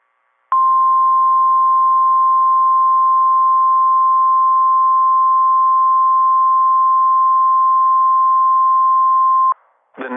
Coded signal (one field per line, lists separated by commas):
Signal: Emergency Alert System (SAME) tones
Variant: 1050 Hz attention tone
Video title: IND's FEBRUARY ENH - EAS Alerts from 2/19/26 (EAS #674 - #688)